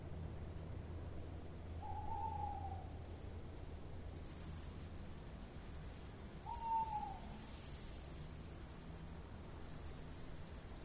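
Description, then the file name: Owl hooting: two drawn-out, slightly arched mid-pitched whistled notes several seconds apart, each near a second long, over a steady low rumble. "Eule"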